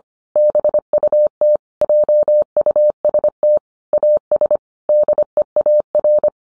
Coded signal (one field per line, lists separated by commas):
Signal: Morse code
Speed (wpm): 25 wpm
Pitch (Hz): 600 Hz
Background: none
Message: BUT JUST AS DEAR